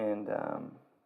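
A second internal cable is handled toward its motherboard header connector, just above the first cable, while someone talks. Nothing has seated or clicked yet.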